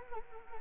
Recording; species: mosquito wingbeat signal from an infrared sensor; Anopheles arabiensis